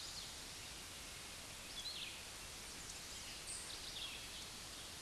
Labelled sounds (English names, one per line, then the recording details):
Red-eyed Vireo song
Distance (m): 50 m
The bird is about 10 m above the microphone
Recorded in a Pennsylvania forest on 16 May 2024 at 09:27
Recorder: AudioMoth, point MSD-1307
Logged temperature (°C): 16.6 °C
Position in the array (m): 186 m, 160 m